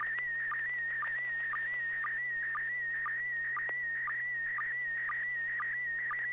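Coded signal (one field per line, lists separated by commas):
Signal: SSTV (slow-scan television)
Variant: PD120 mode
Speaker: So I'll be transmitting PD 120, and here it comes.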